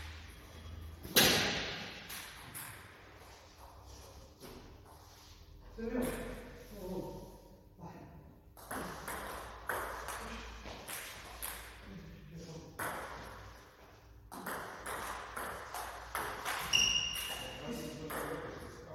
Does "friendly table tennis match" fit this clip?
yes